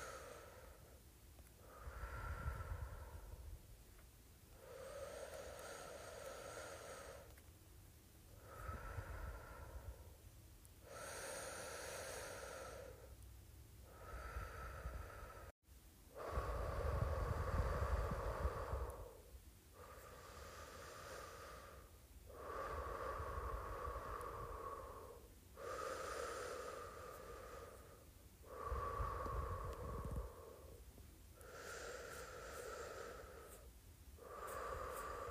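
Someone blows air in and out in a steady rhythm, each breath a rushing whoosh lasting a second or two, about one every three seconds. The exhales carry a low, hollow tone with faint whistling at the top, and occasional deeper rumbles.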